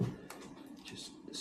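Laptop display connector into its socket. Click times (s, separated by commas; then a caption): 0.3 s. During an ASUS GA503QM laptop screen replacement, the laptop display connector is pushed into its socket, sliding in with a soft scrape. It clicks into place at 0.3 s and is seated. Quieter handling noises follow.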